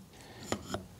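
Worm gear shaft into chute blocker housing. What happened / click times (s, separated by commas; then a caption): The shaft went in but did not fully seat / 0.5 s, 0.7 s. A worm gear shaft is inserted into the housing of a mower chute blocker, giving two short knocks at 0.5 s and 0.7 s over a quiet background. The shaft is not fully seated yet and still has to be pushed home at the shaft end.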